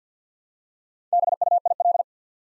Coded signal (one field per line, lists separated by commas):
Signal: Morse code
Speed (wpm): 49 wpm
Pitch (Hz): 700 Hz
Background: none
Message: BUIL